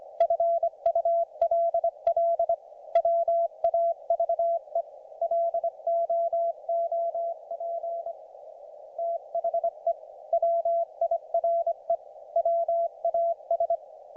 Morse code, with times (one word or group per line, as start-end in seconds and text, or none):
0.2-2.5 FULL
3.0-4.8 WAVE
5.2-8.1 LOOP
9.0-9.9 THE
10.3-11.9 WIRE
12.4-13.8 WAS